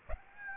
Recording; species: mosquito wingbeat signal from an infrared sensor; Aedes aegypti